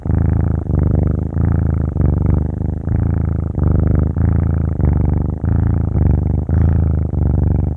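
Domestic cat: kitten purr, a low vibrating rumble pulsing in steady breath cycles, with brief dips between them.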